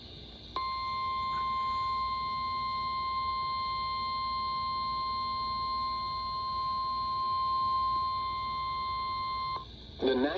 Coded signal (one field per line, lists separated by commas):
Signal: Emergency Alert System (SAME) tones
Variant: 1050 Hz attention tone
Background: speech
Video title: Mid-Summer Marathon Pt. 2 - EAS Alerts from July 10-17, 2025 || EAS 1,971-1,977